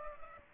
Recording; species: mosquito wingbeat signal from an infrared sensor; Culex pipiens